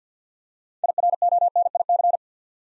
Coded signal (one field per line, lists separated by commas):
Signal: Morse code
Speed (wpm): 47 wpm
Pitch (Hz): 700 Hz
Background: none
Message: IRONIC